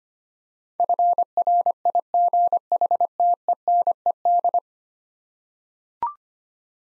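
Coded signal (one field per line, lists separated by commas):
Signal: Morse code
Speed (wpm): 25 wpm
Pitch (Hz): 700 Hz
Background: none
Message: FRIGHTENED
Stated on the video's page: Computer-generated Morse head-copy drill of ten-letter words at 25 wpm; each word sent, spoken, then sent again.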